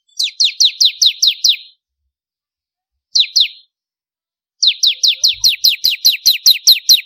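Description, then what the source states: Bar-winged prinia: a fast string of bright, falling chips, a brief two-note phrase, then a longer run of the same high, clipped notes. Kristal (crystal) type of ciblek, the bar-winged prinia.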